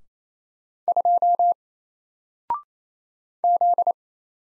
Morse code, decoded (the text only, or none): 2 Z